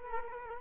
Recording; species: mosquito wingbeat signal from an infrared sensor; Culex quinquefasciatus